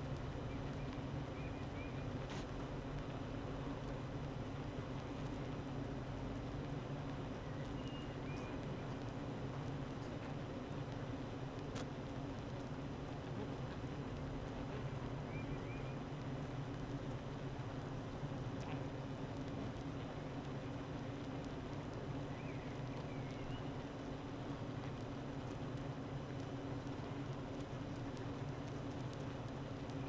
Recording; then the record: honeybee colony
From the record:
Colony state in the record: active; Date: 12 June 2018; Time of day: 8:35